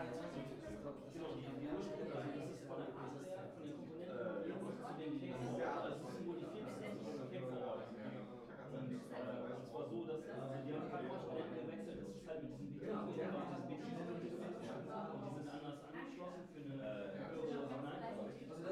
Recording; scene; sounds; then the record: everyday scene through a hearing-aid microphone; many people talking; many voices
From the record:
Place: bistro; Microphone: behind the ear, right, front